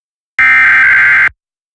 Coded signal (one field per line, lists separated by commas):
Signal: Emergency Alert System (SAME) tones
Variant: header bursts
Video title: Tests & Storms Episode 16: Perfect Return From The East - 8/2/2023